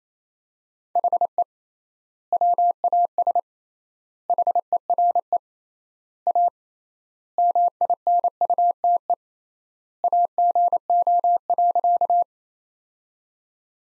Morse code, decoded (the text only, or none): HE WAS HERE A MINUTE AGO.